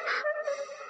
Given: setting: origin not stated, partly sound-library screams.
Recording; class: one-second piece from a danger detection set; woman in danger